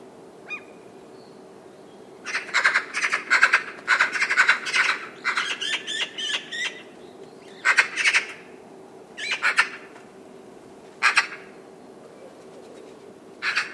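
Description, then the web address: Bird calls: harsh, raspy notes in rapid clusters of several, broken by short pauses, then single harsh notes spaced well apart. "cianscape birddata Deverinetal 2025"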